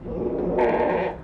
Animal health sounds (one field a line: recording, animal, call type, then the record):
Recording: contact call of a hoofed animal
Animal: goat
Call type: low-frequency (closed-mouth) or high-frequency (open-mouth) call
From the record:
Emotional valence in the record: positive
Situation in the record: food anticipation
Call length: 1.24 s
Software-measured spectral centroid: 990 Hz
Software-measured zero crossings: 1060 a second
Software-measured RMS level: -24 dBFS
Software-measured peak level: -12 dBFS